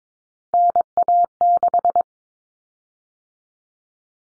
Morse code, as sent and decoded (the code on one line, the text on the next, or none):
-. .- -....
NA6